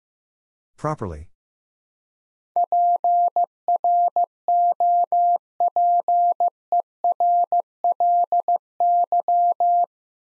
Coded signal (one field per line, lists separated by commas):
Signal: Morse code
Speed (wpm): 15 wpm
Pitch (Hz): 700 Hz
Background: none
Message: PROPERLY